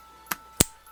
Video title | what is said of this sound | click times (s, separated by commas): How to swap 8th gen Steering Wheel Trim & Controls | and that kind of just snaps right in there | 0.3 s, 0.6 s